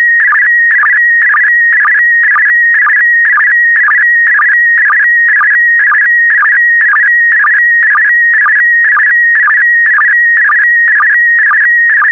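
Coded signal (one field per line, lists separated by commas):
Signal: SSTV (slow-scan television)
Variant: PD120 mode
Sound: warbling whine around a steady pitch, with rhythmic low chirps about twice a second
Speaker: complete. You can now check your decoded image against the picture that is shown on the video.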